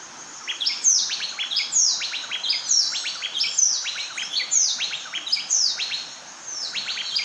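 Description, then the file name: Bay wren song, a rich rolling series of clear whistled phrases with sharp falling notes, repeated roughly every second without pause, loud over a soft background hiss. "Bay Wren Cantorchilus nigricapillus"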